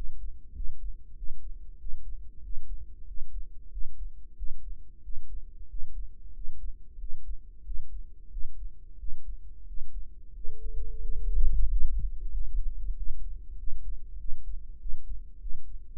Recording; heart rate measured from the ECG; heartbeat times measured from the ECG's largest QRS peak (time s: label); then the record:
heart sounds by microphone in the right ear; 93 bpm
0.55 s: heartbeat
1.17 s: heartbeat
1.80 s: heartbeat
2.44 s: heartbeat
3.08 s: heartbeat
3.72 s: heartbeat
4.37 s: heartbeat
5.04 s: heartbeat
5.69 s: heartbeat
6.35 s: heartbeat
7.00 s: heartbeat
7.65 s: heartbeat
8.31 s: heartbeat
8.99 s: heartbeat
9.67 s: heartbeat
10.35 s: heartbeat
11.03 s: heartbeat
11.70 s: heartbeat
12.34 s: heartbeat
12.97 s: heartbeat
13.58 s: heartbeat
14.19 s: heartbeat
14.80 s: heartbeat
15.41 s: heartbeat
From the record:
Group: healthy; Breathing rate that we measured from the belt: 16 breaths a minute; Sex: male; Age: 21 years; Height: 175 cm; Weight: 72.6 kg